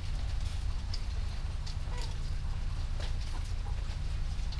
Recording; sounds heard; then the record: poultry house recording; sick chickens (respiratory disease)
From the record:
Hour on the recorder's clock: 2